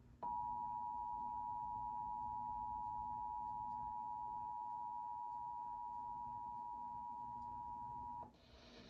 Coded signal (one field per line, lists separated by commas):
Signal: Emergency Alert System (SAME) tones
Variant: 853 and 960 Hz attention tone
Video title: A LONG OVERDUE COMPILATION....Early Morning Madness II | EAS Alerts from 3/24/23 (EAS #414-426)